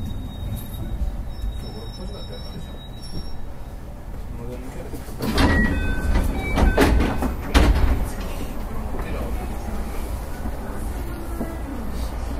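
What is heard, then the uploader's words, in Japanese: An electric train runs along with a steady low rumble and rattle throughout. Between about five and eight seconds it grows louder, with sharp metallic clanks and brief bright squeals, then settles back to an even hum. Faint voices may sit underneath. JR221系 大和路快速 大阪から久宝寺まで。JR西日本221系電車の走行音です。大阪環状線から大和路線への直通列車、大和路快速で収録しました。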